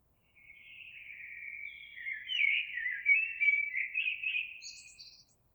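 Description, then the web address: Eurasian blackbird song: a gradually swelling, fluty warble lasting nearly five seconds and ending in a cluster of shrill, high twittering notes. Recorded 26 April 2022. "oiseaux Merle 2022 04 26"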